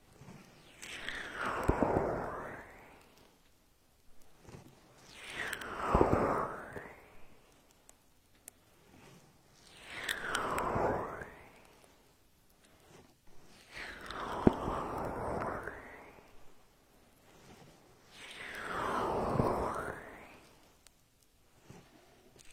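Vigorous rubbing of oiled ears, in five slow, even strokes about every four to five seconds. Each stroke is a slick, squishy swish that swells and fades over two or three seconds, with near silence and faint clicks between strokes.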